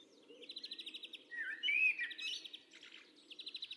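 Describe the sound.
Bird chirps: a fast stuttering trill, then a loud slurred whistled phrase, then another quick trill at the end.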